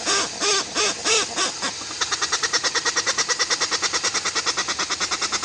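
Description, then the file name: Westland petrel giving a few slow, loud arched notes, then switching to a very fast, even chatter. "westland black petrel song"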